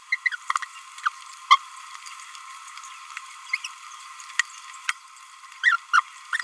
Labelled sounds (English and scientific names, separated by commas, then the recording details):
Green-rumped Parrotlet (Forpus passerinus) babbling
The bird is a male
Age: 27 days
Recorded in a nest box in Venezuela
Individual 17B31A2